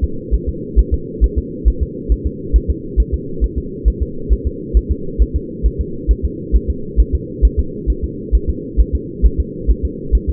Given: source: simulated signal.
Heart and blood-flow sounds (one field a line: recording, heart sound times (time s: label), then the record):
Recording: fetal heart sounds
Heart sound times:
0.04 s: S2
0.34 s: S1
0.49 s: S2
0.79 s: S1
0.94 s: S2
1.24 s: S1
1.38 s: S2
1.68 s: S1
1.83 s: S2
2.12 s: S1
2.27 s: S2
2.56 s: S1
2.70 s: S2
3.00 s: S1
3.14 s: S2
3.44 s: S1
3.58 s: S2
3.88 s: S1
4.03 s: S2
4.32 s: S1
4.47 s: S2
4.77 s: S1
4.91 s: S2
5.22 s: S1
5.36 s: S2
5.66 s: S1
5.81 s: S2
6.11 s: S1
6.25 s: S2
6.56 s: S1
6.70 s: S2
7.00 s: S1
7.15 s: S2
7.45 s: S1
7.59 s: S2
7.90 s: S1
8.04 s: S2
8.35 s: S1
8.50 s: S2
8.80 s: S1
8.95 s: S2
9.25 s: S1
9.40 s: S2
9.71 s: S1
9.85 s: S2
10.15 s: S1
10.29 s: S2
From the record:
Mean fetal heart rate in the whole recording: 135 bpm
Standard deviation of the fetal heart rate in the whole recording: 3 bpm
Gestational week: 34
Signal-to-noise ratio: -4.3 dB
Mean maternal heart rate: 72 bpm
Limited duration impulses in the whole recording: absent